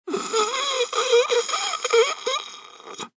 Human element male middle age wheeze breath in single.